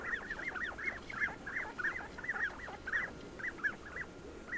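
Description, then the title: Common Ringed Plover calls, short piping notes given in quick, slightly uneven succession. "Tylli"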